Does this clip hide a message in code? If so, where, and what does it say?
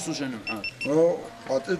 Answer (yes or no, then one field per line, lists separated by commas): no